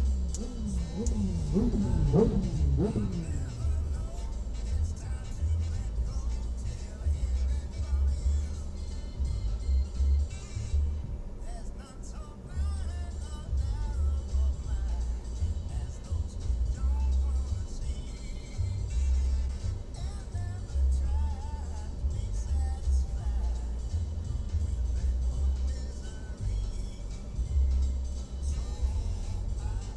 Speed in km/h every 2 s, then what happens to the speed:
0, 0, 0, 0, 0, 0, 0, 0, 0, 0, 0, 0, 0, 0, 0.
0-30 standing.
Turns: none.